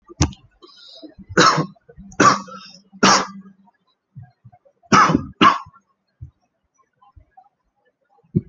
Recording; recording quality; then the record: heavy voluntary cough; excellent, no background noise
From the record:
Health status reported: exposed to COVID-19, no respiratory illness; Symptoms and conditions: fever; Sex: male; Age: 25 years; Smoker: not ticked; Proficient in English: yes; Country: India